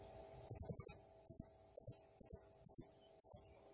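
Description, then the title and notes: Blue-crowned hanging parrot giving very high, thin squeaky notes: a quick run of five, then paired notes repeated about every half second. Serindit in gacor (actively singing) condition, 'nembak' song style, used as a masteran training sound and lure for serindit birds, said to excite all birds. "Burung Serindit Nembak Gacor Bikin Emosi Semua Burung. Suara Nasteran Dan Pemikat Burung Serinditan Gacor"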